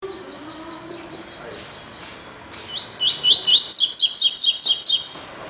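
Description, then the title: Double-collared seedeater song: after a few faint notes, a bright run of rapid, slurred high notes climbs into a fast, even chatter lasting about two seconds. "Canto Coleiro"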